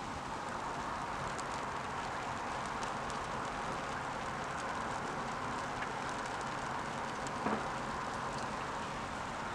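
Light Bergisch drizzle patters steadily on a new plastic covering near the A4 motorway, a soft, dense hiss of tiny ticks that stays even throughout, with no voices present.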